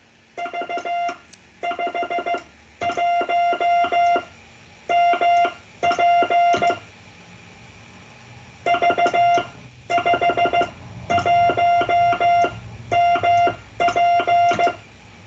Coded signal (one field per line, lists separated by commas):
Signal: Morse code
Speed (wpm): 15 wpm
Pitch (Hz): 700 Hz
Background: none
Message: V51MP V51MP